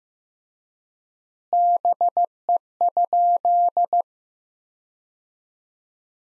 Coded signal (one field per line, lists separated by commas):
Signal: Morse code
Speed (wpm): 15 wpm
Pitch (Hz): 700 Hz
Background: none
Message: BE?